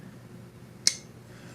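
The blade of an Azusa Bladeworks Blitzkrieg carbon fiber inlaid folding knife is closed so the detent ball catches it and holds it shut. A single sharp click is heard at 0.9 s over quiet background noise. The blade is seated in its detent.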